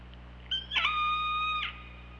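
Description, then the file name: Killer whale call: a single strong harmonic call, abrupt onset then a level, sustained tone with several stacked bands for about a second, over steady low underwater hum. Recorded on an OrcaLab hydrophone on 24 August 2017, around 21:24. "Orca Lab UTLN JASON 20170824 212432"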